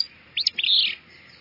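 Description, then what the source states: Willow Flycatcher song, two quick high notes followed by a short buzzy, sneezy burst, given once. Sneezy song, sung with less gusto in July and falling silent before the late-August migration to southern Central America.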